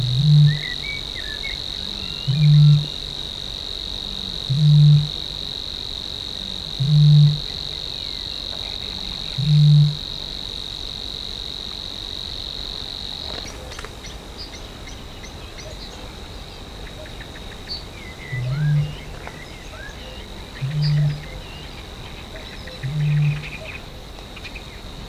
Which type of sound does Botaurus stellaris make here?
call